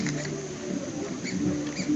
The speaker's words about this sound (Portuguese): Ah, e essa tá um gritinho, ó. Música alta igual. É. Caralho, se fudeu, hein? Achou que ia criar um negócio pra se defender de predadores. Atraiu brazucas. Mas será que elas podem chamar as amigas pra pedir ajuda com esse grito? Formiga chiadeira.